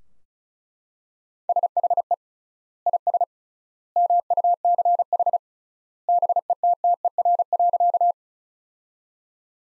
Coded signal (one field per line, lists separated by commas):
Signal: Morse code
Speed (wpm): 35 wpm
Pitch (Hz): 700 Hz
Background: none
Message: SHE IS MUCH BETTER.